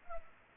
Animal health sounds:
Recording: mosquito wingbeat signal from an infrared sensor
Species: Culex pipiens

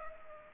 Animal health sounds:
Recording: mosquito wingbeat signal from an infrared sensor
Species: Culex pipiens

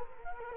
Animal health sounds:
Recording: mosquito wingbeat signal from an infrared sensor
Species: Culex quinquefasciatus

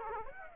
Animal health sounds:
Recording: mosquito wingbeat signal from an infrared sensor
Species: Aedes aegypti

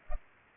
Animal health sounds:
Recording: mosquito wingbeat signal from an infrared sensor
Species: Culex pipiens

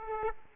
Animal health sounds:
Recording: mosquito wingbeat signal from an infrared sensor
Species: Aedes aegypti

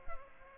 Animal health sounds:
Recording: mosquito wingbeat signal from an infrared sensor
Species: Culex pipiens

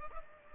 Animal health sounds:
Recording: mosquito wingbeat signal from an infrared sensor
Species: Culex pipiens

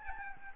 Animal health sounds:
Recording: mosquito wingbeat signal from an infrared sensor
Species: Aedes albopictus

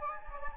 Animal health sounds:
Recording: mosquito wingbeat signal from an infrared sensor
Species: Anopheles gambiae

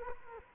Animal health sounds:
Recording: mosquito wingbeat signal from an infrared sensor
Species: Culex quinquefasciatus

